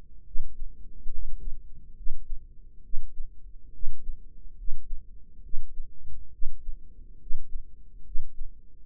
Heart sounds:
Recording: heart sounds by microphone in the right ear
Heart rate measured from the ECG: 69 bpm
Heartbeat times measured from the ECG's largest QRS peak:
0.26 s: heartbeat
1.13 s: heartbeat
1.97 s: heartbeat
2.84 s: heartbeat
3.74 s: heartbeat
4.58 s: heartbeat
5.44 s: heartbeat
6.33 s: heartbeat
7.21 s: heartbeat
8.06 s: heartbeat
From the record:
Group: healthy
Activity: rest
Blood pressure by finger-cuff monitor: 144/90 mmHg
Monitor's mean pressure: 104 mmHg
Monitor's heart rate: 70 bpm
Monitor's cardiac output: 7.5 L/min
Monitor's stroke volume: 109 mL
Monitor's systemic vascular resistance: 1020 dyn s/cm5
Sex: male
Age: 30 years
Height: 188 cm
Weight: 110.2 kg

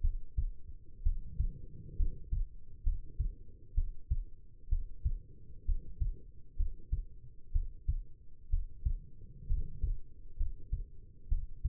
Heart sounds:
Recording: heart sounds by stethoscope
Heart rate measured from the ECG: 64 bpm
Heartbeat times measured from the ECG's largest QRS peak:
0.01 s: heartbeat
1.03 s: heartbeat
1.96 s: heartbeat
2.83 s: heartbeat
3.74 s: heartbeat
4.69 s: heartbeat
5.65 s: heartbeat
6.56 s: heartbeat
7.52 s: heartbeat
8.49 s: heartbeat
9.47 s: heartbeat
10.36 s: heartbeat
11.28 s: heartbeat
From the record:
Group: healthy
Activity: rest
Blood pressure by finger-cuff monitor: 102/66 mmHg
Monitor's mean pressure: 76 mmHg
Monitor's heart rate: 63 bpm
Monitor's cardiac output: 5.1 L/min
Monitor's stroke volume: 81 mL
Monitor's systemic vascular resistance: 1080 dyn s/cm5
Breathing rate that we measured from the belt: 16 breaths a minute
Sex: female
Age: 22 years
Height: 171 cm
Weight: 65.6 kg

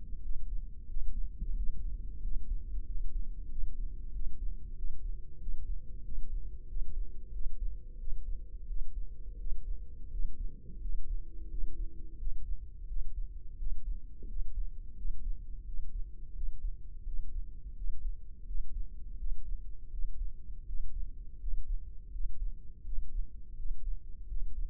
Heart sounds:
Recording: heart sounds by microphone in the left ear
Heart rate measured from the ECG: 87 bpm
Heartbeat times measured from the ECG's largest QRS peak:
0.24 s: heartbeat
0.90 s: heartbeat
1.57 s: heartbeat
2.24 s: heartbeat
2.88 s: heartbeat
3.51 s: heartbeat
4.14 s: heartbeat
4.77 s: heartbeat
5.41 s: heartbeat
6.06 s: heartbeat
6.69 s: heartbeat
7.34 s: heartbeat
8.00 s: heartbeat
8.69 s: heartbeat
9.40 s: heartbeat
10.12 s: heartbeat
10.82 s: heartbeat
11.51 s: heartbeat
12.20 s: heartbeat
12.89 s: heartbeat
13.59 s: heartbeat
14.29 s: heartbeat
14.98 s: heartbeat
15.67 s: heartbeat
16.36 s: heartbeat
17.07 s: heartbeat
17.77 s: heartbeat
18.48 s: heartbeat
19.19 s: heartbeat
19.92 s: heartbeat
20.68 s: heartbeat
21.41 s: heartbeat
22.13 s: heartbeat
22.86 s: heartbeat
23.58 s: heartbeat
24.29 s: heartbeat
From the record:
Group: healthy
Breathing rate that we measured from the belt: 16 breaths a minute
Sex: male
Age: 21 years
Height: 175 cm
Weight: 72.6 kg

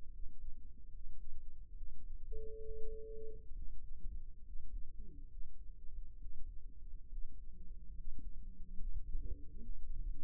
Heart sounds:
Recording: heart sounds by microphone in the right ear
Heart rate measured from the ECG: 69 bpm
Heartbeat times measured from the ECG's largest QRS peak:
0.10 s: heartbeat
0.90 s: heartbeat
1.74 s: heartbeat
2.60 s: heartbeat
3.53 s: heartbeat
4.43 s: heartbeat
5.28 s: heartbeat
6.18 s: heartbeat
7.09 s: heartbeat
7.94 s: heartbeat
8.76 s: heartbeat
9.60 s: heartbeat
From the record:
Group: healthy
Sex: male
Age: 22 years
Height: 181 cm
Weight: 79 kg

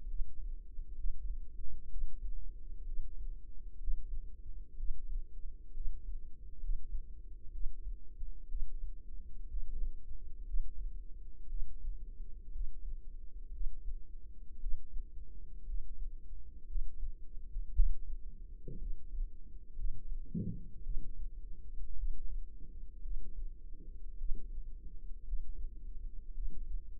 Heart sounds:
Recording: heart sounds by microphone in the left ear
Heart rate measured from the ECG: 59 bpm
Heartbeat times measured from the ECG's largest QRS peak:
0.07 s: heartbeat
0.95 s: heartbeat
1.89 s: heartbeat
2.85 s: heartbeat
3.78 s: heartbeat
4.76 s: heartbeat
5.73 s: heartbeat
6.60 s: heartbeat
7.51 s: heartbeat
8.48 s: heartbeat
9.47 s: heartbeat
10.45 s: heartbeat
11.48 s: heartbeat
12.51 s: heartbeat
13.51 s: heartbeat
14.59 s: heartbeat
15.65 s: heartbeat
16.66 s: heartbeat
17.73 s: heartbeat
18.78 s: heartbeat
19.75 s: heartbeat
20.82 s: heartbeat
21.95 s: heartbeat
23.01 s: heartbeat
24.17 s: heartbeat
25.24 s: heartbeat
26.33 s: heartbeat
From the record:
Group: healthy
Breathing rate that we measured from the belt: 20 breaths a minute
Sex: female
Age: 28 years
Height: 170 cm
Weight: 77 kg

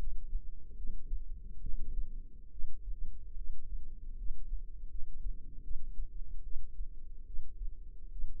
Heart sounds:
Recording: heart sounds by microphone in the left ear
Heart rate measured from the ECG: 73 bpm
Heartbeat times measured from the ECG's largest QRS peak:
0.76 s: heartbeat
1.61 s: heartbeat
2.51 s: heartbeat
3.37 s: heartbeat
4.18 s: heartbeat
4.90 s: heartbeat
5.63 s: heartbeat
6.44 s: heartbeat
7.26 s: heartbeat
8.11 s: heartbeat
From the record:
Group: healthy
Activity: rest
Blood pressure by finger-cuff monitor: 104/65 mmHg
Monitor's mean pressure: 79 mmHg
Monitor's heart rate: 73 bpm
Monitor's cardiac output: 7 L/min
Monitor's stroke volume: 98 mL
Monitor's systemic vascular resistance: 850 dyn s/cm5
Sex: female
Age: 22 years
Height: 161 cm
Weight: 65.5 kg

